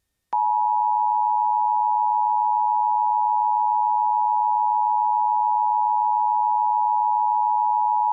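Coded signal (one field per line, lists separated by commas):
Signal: Emergency Alert System (SAME) tones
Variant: 853 and 960 Hz attention tone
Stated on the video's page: EAS alerts received from three FM stations in central Mississippi.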